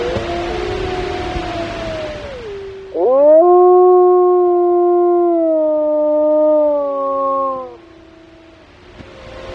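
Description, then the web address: Mammal howls: a long, steady, harmonic-rich call held for about five seconds, sliding slightly downward, after a lower wavering call; hiss before and after. Wrangell-St. Elias, Alaska; recorded 4 February 2017 at 12:45:37. "alaska acoustic highlights highlights audio MAMMALS WRSTBLMT 20170204 124537"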